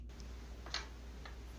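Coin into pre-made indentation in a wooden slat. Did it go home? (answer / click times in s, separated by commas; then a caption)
yes / 0.7 s. A coin is pressed into an indentation made beforehand in a wooden slat and clicks into place at 0.7 seconds. The click is a short, bright tick, with fainter ticks around it, over a steady low hum. The coin seats in the prepared recess, showing there is no special technique involved.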